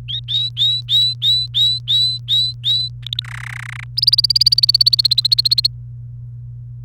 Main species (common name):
Domestic Canary